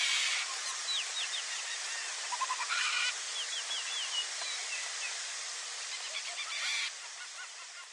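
Many birds calling together, a dense chorus of short whistled and chirping notes at high pitch overlapping throughout, with bursts of louder chatter.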